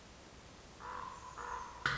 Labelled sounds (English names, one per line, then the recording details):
Common Raven
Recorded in Sonoma County, California